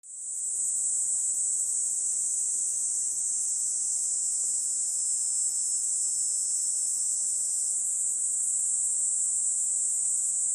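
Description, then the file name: Cicada song starting abruptly and holding as an unbroken high-pitched hissing drone to the end, with a slight shift in tone midway. "Platypleura kaempferi"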